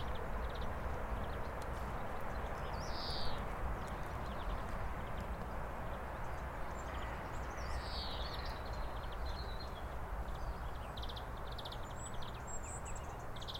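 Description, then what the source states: Greenfinch song, sparse, with a couple of short slurred notes and brief high trills over constant low background noise. Greenfinches singing in spring, played as an example; song described as staccato and wheezy; red-listed species of conservation concern after a dramatic population decline.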